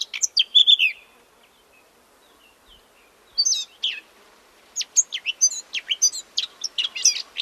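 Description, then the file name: Eurasian blackcap warble: a short rich phrase, a long quiet gap with soft notes, then a renewed run of quick, high, sharp chirping notes. "Sylvia atricapilla"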